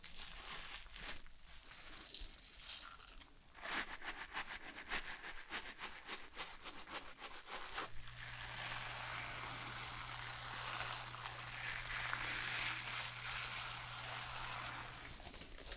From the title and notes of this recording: ASMR Relaxing Shampoo and Hair brushing for your insomnia ｜NO TALKING.